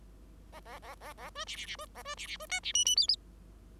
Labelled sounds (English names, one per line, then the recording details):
Bengalese Finch song
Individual Bird5